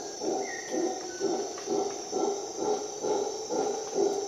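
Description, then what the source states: Howler monkey giving deep, throaty pulsed roars, roughly two per second in steady rhythm, with one brief bird note and a shrill insect drone. Recorded at dawn in the jungle of Costa Rica during an expedition.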